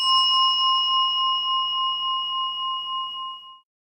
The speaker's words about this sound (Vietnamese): Bây giờ các bà, chúng ta sẽ ngồi nghe một tiếng chuông, mình ngồi một phút thôi, xem thử cái đàn xấu của mình nó đang chạy ở đâu ha.